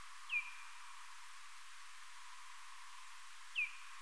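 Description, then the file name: Parti-coloured bat calls: two brief, sharp downward-sweeping chirps about three seconds apart over a steady hiss. "Vmur"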